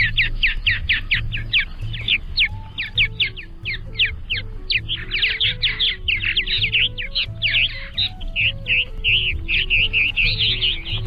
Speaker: Here are some of the sweet sounds of the purple martin.